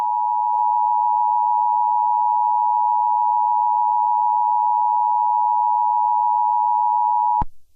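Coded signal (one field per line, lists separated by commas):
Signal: Emergency Alert System (SAME) tones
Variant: 853 and 960 Hz attention tone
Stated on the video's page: Simulated EAS scenario depicting a cyberattack.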